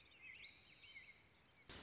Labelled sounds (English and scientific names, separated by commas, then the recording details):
American Robin (Turdus migratorius)
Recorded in Sonoma County, California